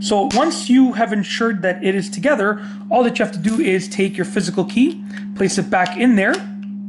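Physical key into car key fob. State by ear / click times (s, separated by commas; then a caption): not seated / none. After a battery change on an Acura key fob (RDX, MDX, ILX, TLX), with the plastic fob halves already snapped together, the metal physical key is being handled to slide back into its slot in the fob housing. Someone talks throughout over a steady low hum. The clip ends before the key goes home, and nothing has seated or clicked yet.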